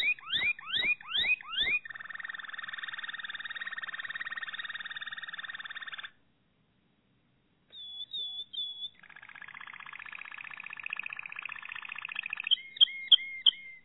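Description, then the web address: Canary song with quick descending sweeps, then a long steady rolling trill. A pause follows before another buzzy roll and a string of bright ringing notes. Malinois (Waterslager) breed canary, song. "~joaopt canarios racas canto malinoiss"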